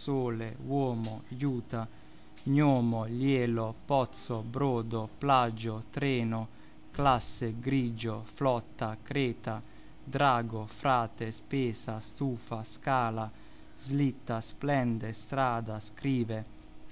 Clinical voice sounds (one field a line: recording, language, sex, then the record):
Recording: read list of words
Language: Italian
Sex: male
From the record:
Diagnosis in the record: healthy control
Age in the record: 29 years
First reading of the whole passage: 42 s, 12.4 characters per second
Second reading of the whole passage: 42 s, 12.2 characters per second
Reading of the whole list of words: 38 s, 7.3 characters per second